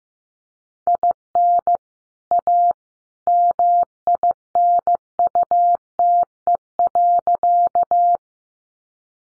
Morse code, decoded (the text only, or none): IN A MINUTE.